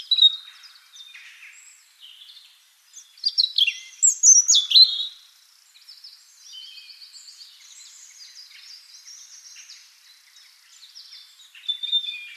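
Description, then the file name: European robin song, with soft scattered high notes, a louder tumbling phrase of thin descending notes near the middle, then quieter twittering and a final short burst. "Erithacus rubecula"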